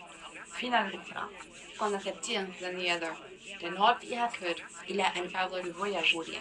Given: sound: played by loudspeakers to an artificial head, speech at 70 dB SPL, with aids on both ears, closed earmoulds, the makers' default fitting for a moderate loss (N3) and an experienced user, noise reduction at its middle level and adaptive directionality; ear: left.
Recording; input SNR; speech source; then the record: speech test signal (ISTS) in cocktail-party noise; +9 dB; on the right (90 degrees)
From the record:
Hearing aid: class 2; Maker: E